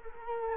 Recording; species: mosquito wingbeat signal from an infrared sensor; Culex quinquefasciatus